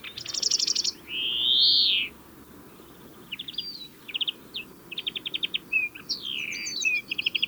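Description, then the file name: European greenfinch song with a drawn-out wheezy buzz after a rapid trill, followed by scattered chirps and short rattling twitters. "Chloris chloris"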